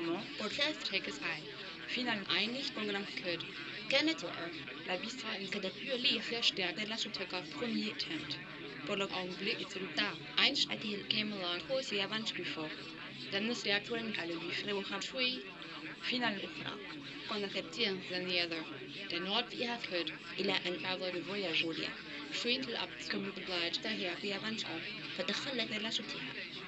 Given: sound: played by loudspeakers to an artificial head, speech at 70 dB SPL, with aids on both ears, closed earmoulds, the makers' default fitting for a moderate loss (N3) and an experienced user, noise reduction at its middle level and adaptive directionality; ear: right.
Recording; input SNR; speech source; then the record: speech test signal (ISTS) in cocktail-party noise; +3 dB; on the right (90 degrees)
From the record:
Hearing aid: class 1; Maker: D